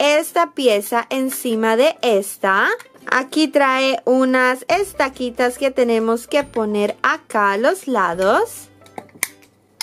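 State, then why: Seated. Someone talks while pressing the plastic cabin piece of a toy building-block train onto the train base, fitting its small pegs at the sides. Near the end, sharp clicks at 9.2 s and 9.8 s mark the piece seating in place.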